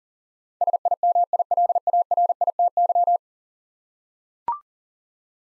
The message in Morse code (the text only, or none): SIMILARITY